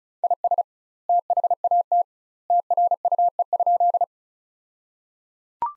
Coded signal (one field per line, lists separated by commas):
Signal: Morse code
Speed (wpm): 36 wpm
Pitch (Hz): 700 Hz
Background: none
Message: IS THAT TRUE?